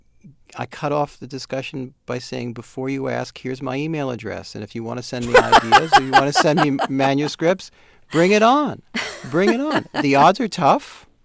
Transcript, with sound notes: I cut off the discussion by saying, before you ask, here's my email address, and if you want to send me ideas or you want to send me manuscripts, bring it on.
(Laughter).
Bring it on. The odds are tough.